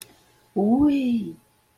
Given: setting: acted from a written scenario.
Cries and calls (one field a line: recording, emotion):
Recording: vocal sound without words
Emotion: ecstasy